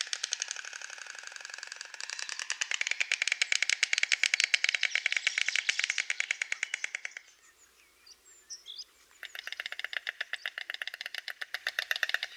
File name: Bocian bialy